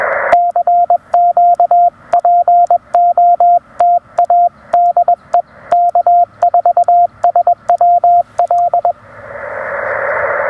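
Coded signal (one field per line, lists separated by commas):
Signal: Morse code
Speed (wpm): 21 wpm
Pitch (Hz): 700 Hz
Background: radio noise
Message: CQPOTA DE K4SWL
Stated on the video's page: Park activation with a Penntek TR-45L transceiver, CW paddles, and a Radioddity HF-009 portable vertical antenna.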